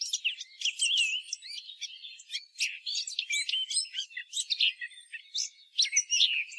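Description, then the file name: Eurasian blackcap pouring out a dense, continuous jumble of squeaky, chattering and whistled notes with hardly any break. "Sylvia atricapilla"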